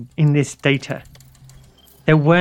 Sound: sounds of computers whirring and clicking, robotic sounds